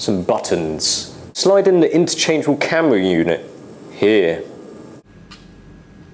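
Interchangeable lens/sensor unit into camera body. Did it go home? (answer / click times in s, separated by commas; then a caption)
no / none. An interchangeable lens/sensor camera unit is brought to the slot of a Ricoh GXR camera body and lined up, ready to be slid in, while someone talks. A faint handling tick comes near the end, but nothing has clicked into place yet.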